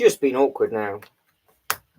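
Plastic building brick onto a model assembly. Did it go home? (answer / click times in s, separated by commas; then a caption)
yes / 1.7 s. Someone talks briefly while a plastic Lego brick is pressed onto a Lego Star Wars Death Star model (set 71519) during a build. After a short quiet pause, a sharp, loud click sounds at 1.7 s as the brick seats into place.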